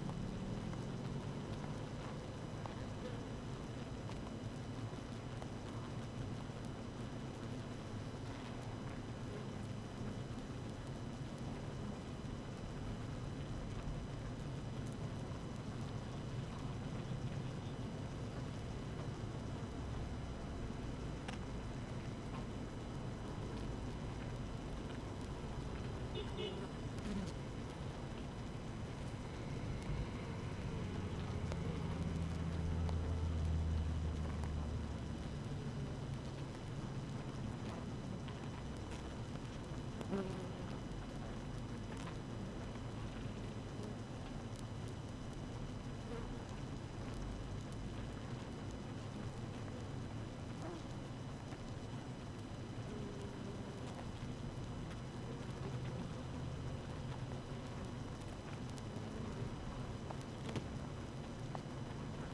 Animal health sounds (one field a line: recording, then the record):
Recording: honeybee colony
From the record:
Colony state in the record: active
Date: 12 June 2018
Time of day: 6:53